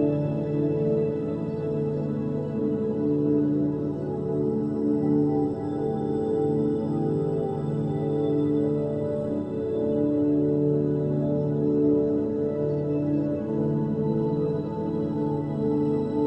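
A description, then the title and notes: Binaural beats: a steady, dense drone of stacked low tones, warm and humming like a singing bowl, holding constant level throughout with slight wavering. Binaural Beats.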